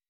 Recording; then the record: hydrophone in a shrimp aquaculture tank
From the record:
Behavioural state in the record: weakened